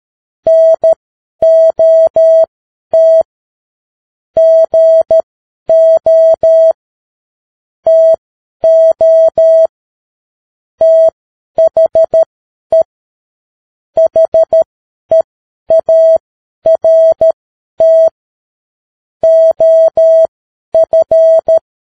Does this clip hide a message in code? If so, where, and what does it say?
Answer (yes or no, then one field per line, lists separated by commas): yes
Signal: Morse code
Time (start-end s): 0.5-21.6 s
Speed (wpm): 13 wpm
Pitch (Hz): 650 Hz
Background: none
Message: NOT GO TO THE HEART OF